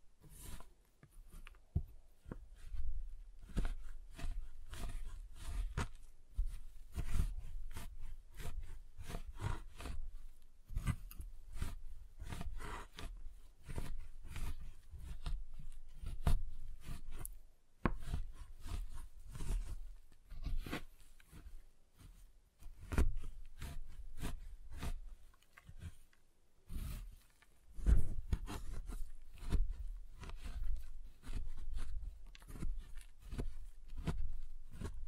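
A giant chocolate bar is tapped and cut in dense, irregular sharp knocks with low thuds, briefly pausing near 18 and 27 seconds.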